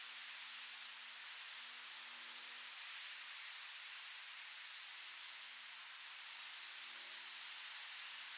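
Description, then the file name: European robin giving thin, very high-pitched short notes, scattered singly and in small clusters at irregular intervals over a quiet background hiss. "Erithacus rubecula - European Robin"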